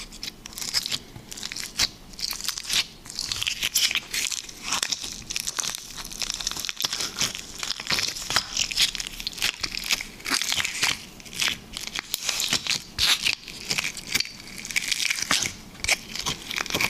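Liquid slime being squished and stretched, a dense run of wet crackling pops and clicks, bright and irregular, with brief lulls throughout.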